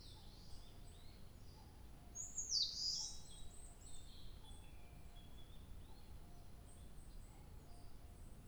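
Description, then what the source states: Bird song: one loud, sharp, high descending note in the first half, with faint scattered high chirps and soft low whistles over a steady low rumble. 2 July 2023.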